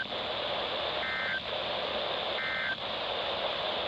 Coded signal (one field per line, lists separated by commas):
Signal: Emergency Alert System (SAME) tones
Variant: end-of-message bursts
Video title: CHRISTMAS TEST TRIFECTA - Required Weekly Tests on 12/22/21 (EAS #146-148)